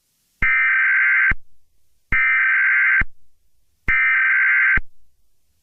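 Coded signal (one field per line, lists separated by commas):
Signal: Emergency Alert System (SAME) tones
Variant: header bursts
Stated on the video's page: Fictional EAS scenario with simulated alert tones.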